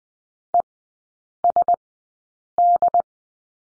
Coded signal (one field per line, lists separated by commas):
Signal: Morse code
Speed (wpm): 20 wpm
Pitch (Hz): 700 Hz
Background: none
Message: ESD